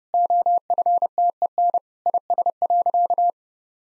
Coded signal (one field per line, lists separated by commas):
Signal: Morse code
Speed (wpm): 30 wpm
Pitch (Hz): 700 Hz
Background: none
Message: OFTEN IS.